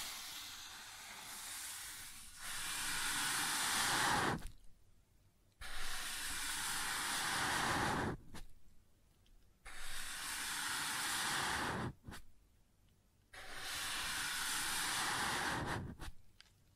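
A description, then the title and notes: Sounds on a wooden surface: long, rough hissing strokes, like rubbing or sanding, come in four passes of two to three seconds each. Each swells, then cuts off sharply into a brief near-silence, with a few small clicks between strokes. ASMR Sounds on Wooden Surface (No Talking).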